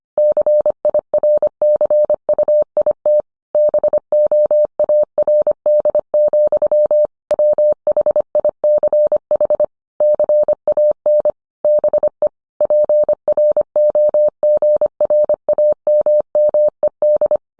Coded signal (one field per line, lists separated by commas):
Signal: Morse code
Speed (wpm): 25 wpm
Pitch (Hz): 600 Hz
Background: none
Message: CIRCUIT BOARD, WHICH CAN BE PROGRAMMED